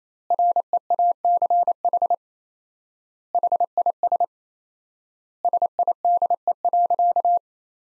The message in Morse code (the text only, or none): REACH HIS SIDE.